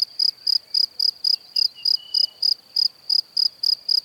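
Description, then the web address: Cricket giving regular shrill chirps, close to four each second, evenly spaced over a quiet background with a faint thin tone. "Kurs PTTK Przyroda Ptaki Świerszcze"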